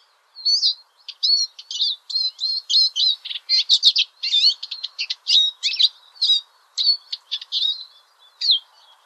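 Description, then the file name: European greenfinch song: a long run of rolling, chattering twitters and trills, steady and rapid. "vihervarpunen janerikbruun"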